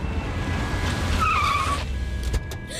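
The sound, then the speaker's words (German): A car skids to a stop, its tires letting out a shrill, wavering squeal for about half a second over a steady low engine rumble, followed by a short thump as the motion ends. “Los, halt den Wagen an.”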